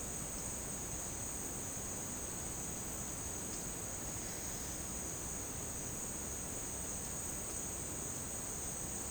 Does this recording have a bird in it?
no